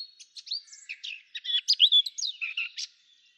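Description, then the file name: Eurasian blackcap song: a brisk, jumbled string of scratchy and whistled notes that grows louder in the middle and ends abruptly. "Sylvia atricapilla"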